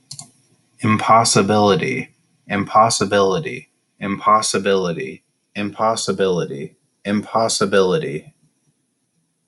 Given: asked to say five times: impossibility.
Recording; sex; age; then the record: repeated word; male; 20 to 29 years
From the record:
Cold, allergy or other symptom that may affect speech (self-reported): no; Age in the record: 28 years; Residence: Colorado, United States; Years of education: 12